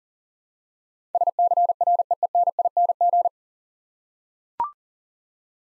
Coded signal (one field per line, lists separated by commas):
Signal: Morse code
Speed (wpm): 44 wpm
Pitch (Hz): 700 Hz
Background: none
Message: SCREENING